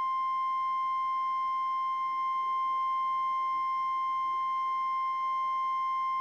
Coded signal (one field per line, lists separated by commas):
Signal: Emergency Alert System (SAME) tones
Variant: 1050 Hz attention tone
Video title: 2022 Virginia Tornado Drill on NOAA Weather Radio